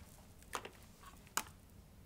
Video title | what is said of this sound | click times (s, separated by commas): Bissell Powerforce Compact Bagless (2112) 🦋 Unboxing, Assembly, & Demo - 1080p60 | twist until it locks into place. | 1.4 s